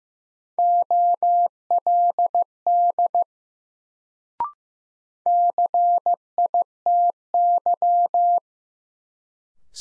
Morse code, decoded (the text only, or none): OLD CITY